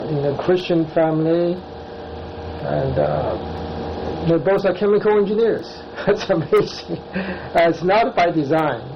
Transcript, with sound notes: in a Christian family and they both are chemical engineers. [laughter] That's amazing, but not by design.